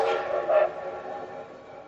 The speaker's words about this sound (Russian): Тоскливый вой паровозного гудка легко перекрыл все остальные звуки, возвысился и резко умолк, а состав из полудюжины синих, трех зеленых и одного желтого вагона плавно тронулся в недалекий путь до Москвы.